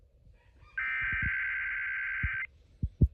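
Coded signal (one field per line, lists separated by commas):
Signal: Emergency Alert System (SAME) tones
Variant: header bursts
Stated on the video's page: Mix of EAS alerts: weekly tests, local area emergencies and civil emergency messages.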